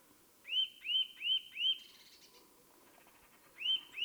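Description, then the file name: Eurasian nuthatch giving a run of four loud piping whistles, then a brief faint buzzy twitter, a pause, and two more whistles starting at the end. "Sitta europaea"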